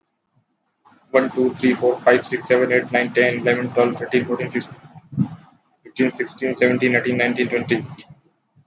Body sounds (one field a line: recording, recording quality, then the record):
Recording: counting at a fast pace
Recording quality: moderate, slight background noise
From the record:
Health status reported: healthy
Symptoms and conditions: none ticked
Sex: male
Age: 19 years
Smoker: not ticked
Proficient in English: yes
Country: India